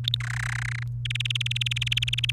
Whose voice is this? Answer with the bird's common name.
Domestic Canary